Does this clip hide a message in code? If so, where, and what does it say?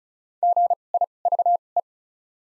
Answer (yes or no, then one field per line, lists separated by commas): yes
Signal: Morse code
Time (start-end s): 0.4-1.8 s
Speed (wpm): 36 wpm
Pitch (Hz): 700 Hz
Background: none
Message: G I V E